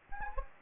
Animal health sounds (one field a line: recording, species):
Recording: mosquito wingbeat signal from an infrared sensor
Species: Anopheles gambiae